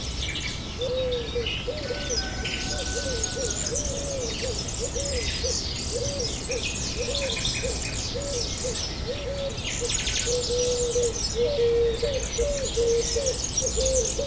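Nature sounds: a soft hooting call repeats steadily about twice a second from the first second to the end, like an owl or dove. Dense, bright bird chirping fills the background throughout, over a low constant rumble, with the overall level staying even.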